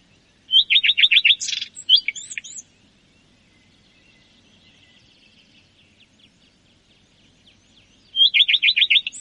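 Common redstart song: two phrases of quick repeated downslurred notes about six seconds apart, the first ending in a scratchy, varied jingle.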